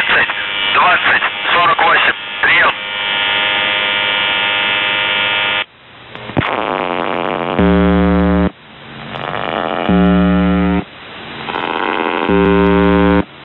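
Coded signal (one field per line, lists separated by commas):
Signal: channel marker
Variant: UVB-76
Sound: brief muffled radio voice, then a long droning tone and three harsh buzzes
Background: radio static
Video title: The Buzzer/UVB-76(4625Khz) May 4th, 2023 Voice messages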